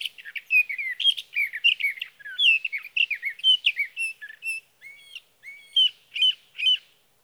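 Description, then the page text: Sage thrasher pours out a dense warbled song, then slows into a few spaced, clear whistled notes repeated near the end. Male singing through the night near his night roost, evening of June 12 to morning of June 15, 2018, Sierra Valley, California; Swift recorder. "61. Sage thrasher songs, through the night. For three nights, from the evening of June 12 to the morning of June 15, 2018, in Sierra Valley, California, I placed a Swift recorder (see "Recording birdsong") near a male's night roost."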